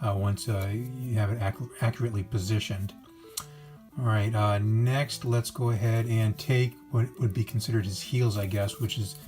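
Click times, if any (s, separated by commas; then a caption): 3.4 s. Someone talks over background music while the plastic shoulders of a Transformers Titans Return Legends Class Gnaw action figure, already popped out and moved down, are tabbed into their transformation position. A single sharp click at 3.4 s marks the shoulder joint seating into place.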